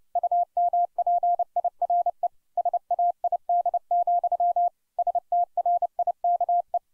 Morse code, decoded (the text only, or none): UMPIRE SAID, STRIKE